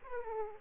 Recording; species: mosquito wingbeat signal from an infrared sensor; Aedes aegypti